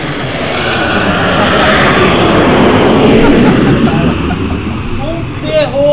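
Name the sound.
airplane flying low overhead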